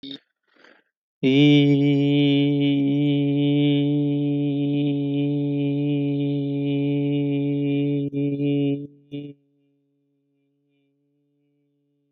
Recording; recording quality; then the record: sustained vowel as in beet; excellent, no background noise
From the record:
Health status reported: healthy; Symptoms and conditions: none ticked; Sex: male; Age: 25 years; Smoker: not ticked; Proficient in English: yes